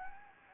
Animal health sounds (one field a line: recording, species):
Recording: mosquito wingbeat signal from an infrared sensor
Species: Anopheles gambiae